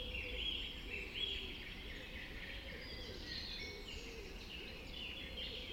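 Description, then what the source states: Birdsong from several singers, thin and high, partly masked by a steady lower hum and background noise throughout. Dawn chorus recorded just after dawn in the Forest of Dean.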